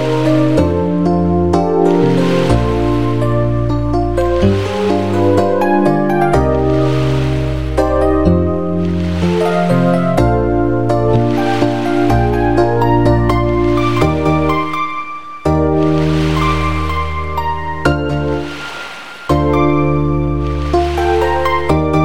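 Seashore waves wash in as soft, hissing swells every couple of seconds beneath a steady synthesized melody. Sustained chords with a deep bass line change every few seconds, holding loud and even throughout, with brief dips near 15 and 19 seconds.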